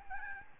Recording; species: mosquito wingbeat signal from an infrared sensor; Aedes albopictus